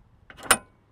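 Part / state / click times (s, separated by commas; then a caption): interior panel latching onto its retaining clip / seated / 0.5 s. Inside a 1992 Nissan Terrano Turbo R3m diesel SUV, an interior panel is swung over and pressed onto its small retaining clip. A faint tick at 0.3 s leads into a sharp, bright click at 0.5 s as the panel latches shut, and then it goes quiet.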